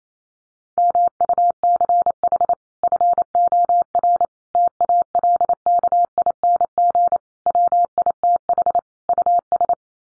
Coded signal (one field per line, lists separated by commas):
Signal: Morse code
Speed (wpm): 28 wpm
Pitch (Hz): 700 Hz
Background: none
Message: MUCH FOR TALKING WITH US